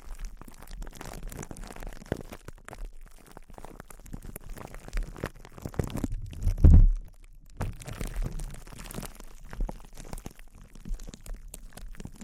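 Close-up crinkling made of dense, irregular crackles and rustles throughout, with a louder, heavier low crunch around the middle.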